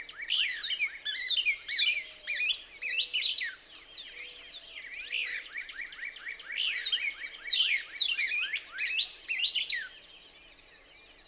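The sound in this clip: Couch's Kingbird song of rapid, high-pitched sweeping twitters in dense bursts, fading near the end, with a steady high buzz and soft low whistles behind.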